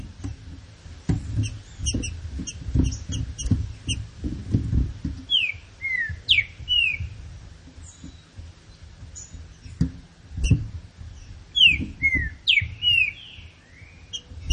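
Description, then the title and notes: Green-winged saltator: whistled song of a green-winged saltator in two phrases of slurred notes. A constant rumble of low knocks and high chipping surrounds them. Classic song style (canto clássico) of the trinca-ferro, presented as a song for training. "Canto Clássico Trinca Ferro TREINAMENTO. trinca fero"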